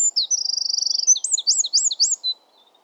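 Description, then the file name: Eurasian wren song fragment: a rapid, high rattling trill running into several quick, looping whistled notes. "Troglodytes troglodytes"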